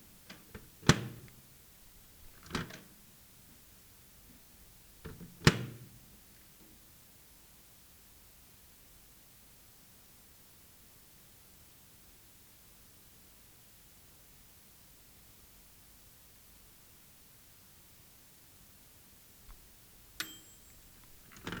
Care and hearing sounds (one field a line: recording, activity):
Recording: daily activity, guitar pickup as the sensor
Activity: use microwave